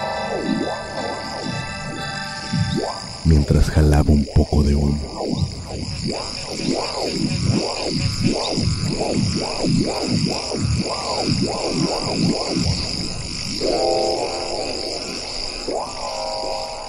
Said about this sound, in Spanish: Me dediqué a escuchar la sinfonía que tocaban los grillos,